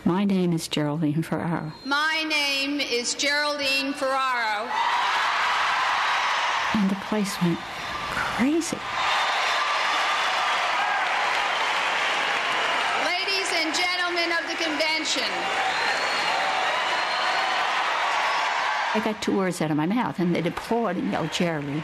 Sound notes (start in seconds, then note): 8.8 cheering and applause; 15.3 cheering and applause